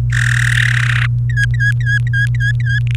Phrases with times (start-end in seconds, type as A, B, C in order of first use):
0.13-1.06 A, 1.29-2.79 B, 2.87-2.95 C